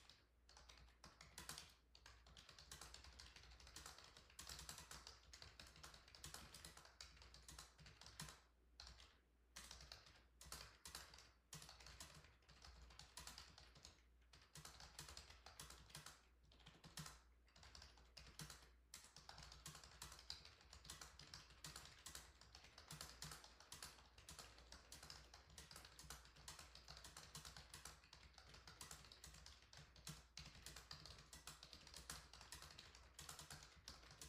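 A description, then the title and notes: Soft keyboard typing runs steadily for the whole stretch, a dense patter of light, quick keystrokes with only brief pauses around nine, fourteen and nineteen seconds. The taps sound crisp, over a faint low hum in the background. Soft Keyboard Typing - White Noise ASMR.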